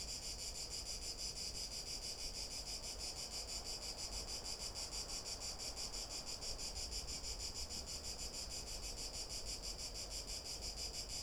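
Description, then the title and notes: Cicada song: a continuous shrill buzz with fast rhythmic pulses, unchanging throughout. Cicada recorded on an afternoon walk along boardwalks around the lake, Albufera de Valencia, Spain, with a Zoom H1n recorder. "Paseo por la Albufera. Chicharra [Cicadidae]"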